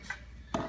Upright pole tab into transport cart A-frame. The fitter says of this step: this gets locked into place